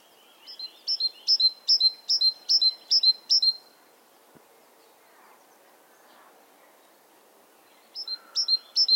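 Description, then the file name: Great tit giving a run of sharp, high, evenly spaced notes, each with a quick downward hook, then a pause and a second shorter run starting. "Parus major"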